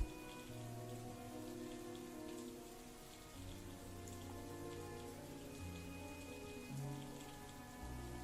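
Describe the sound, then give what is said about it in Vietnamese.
Steady rain falls outdoors throughout, a constant dense patter with no voices, while sustained low tones hum underneath. “Cho đến khi mưa đã ngớt”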